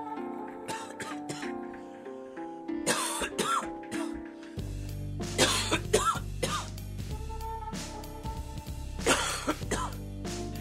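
Several harsh coughs and throat clears from an adult over background music, due to an annual bout of seasonal allergy-induced asthma.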